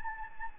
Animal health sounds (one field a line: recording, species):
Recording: mosquito wingbeat signal from an infrared sensor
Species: Anopheles gambiae